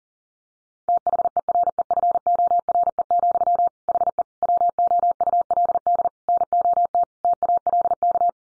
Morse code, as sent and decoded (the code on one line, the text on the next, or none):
- .... . .-. . ..-. --- .-. . --..-- / .... . / .-- --- ..- .-.. -.. / -. --- - / - .- .-.. -.-
THEREFORE, HE WOULD NOT TALK